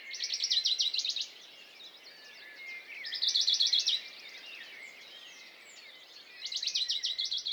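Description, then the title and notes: Western Bonelli's warbler: three brisk high trills spaced about three seconds apart, with other birds whistling and chirping faintly underneath. Dawn chorus, 6 May 2020, Piste aux espagnols, Valmaravel, Drôme; unpaired bird fixed on a small pine branch, rapid courtship song to attract a female, not territorial; Nagra Seven recorder, MKH40 microphone. "CHORUS DE BONELLI. 06 mai 2020-Piste aux espagnols - Valmaravel - Drôme. Pouillot de Bonelli (Phylloscopus bonelli)"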